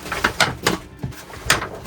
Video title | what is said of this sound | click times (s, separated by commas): Self built Van Tour | They just snap right in place. | 0.2 s, 0.4 s, 0.7 s, 1.5 s